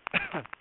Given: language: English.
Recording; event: throat vibration sensor signal played as sound; cough